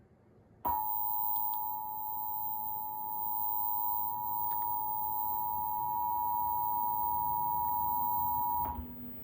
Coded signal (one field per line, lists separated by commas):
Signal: Emergency Alert System (SAME) tones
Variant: 853 and 960 Hz attention tone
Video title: Severe Thunderstorm Warning EAS at Midnight (Cox) 8/31/2024